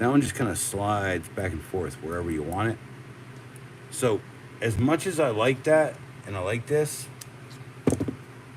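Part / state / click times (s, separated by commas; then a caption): knife blade lock in folding knife handle / seated / 7.2 s, 7.9 s. Someone talks while working a folding pocket knife, and the blade lock in the handle clicks into place with sharp, brief clicks at 7.2 s and 7.9 s. The lock seats with a distinct click, preferred over another knife whose lock just slides back and forth.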